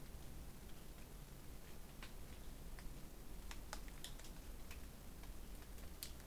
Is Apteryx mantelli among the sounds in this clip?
no